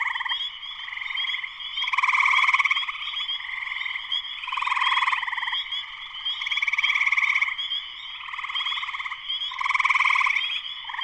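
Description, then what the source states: Spring peeper chorus: many frogs calling at once, a constant high ringing bed with louder waves of peeps rising roughly every two to three seconds. Spring peepers in full chorus shortly after sunset, Sleeping Bear Dunes National Lakeshore, northern Michigan, USA; persistent, lush chorus.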